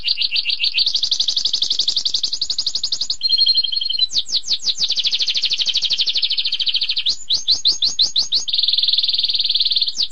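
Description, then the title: Birds: loud, continuous song of high-pitched rapid buzzy trills alternating with bursts of sharp repeated chirps, one phrase following another with hardly a pause. A mix of several bird species. "Burung Campur2"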